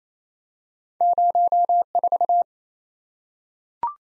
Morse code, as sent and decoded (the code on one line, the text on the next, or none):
----- ....-
04